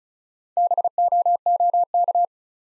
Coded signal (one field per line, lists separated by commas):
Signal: Morse code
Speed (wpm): 36 wpm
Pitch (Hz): 700 Hz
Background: none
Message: BOOK